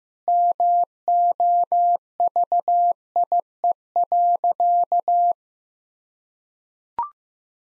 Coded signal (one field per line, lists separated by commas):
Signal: Morse code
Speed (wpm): 14 wpm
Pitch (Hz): 700 Hz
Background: none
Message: MOVIE.